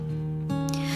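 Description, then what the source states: Honey bee buzz, an even low hum with strong overtones, the pitch stepping up once midway, with a faint hiss near the end. Recorded 8 August 2021.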